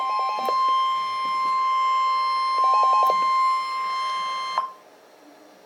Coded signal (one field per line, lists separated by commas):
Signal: Emergency Alert System (SAME) tones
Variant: 1050 Hz attention tone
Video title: Severe Thunderstorm Warning - EAS #88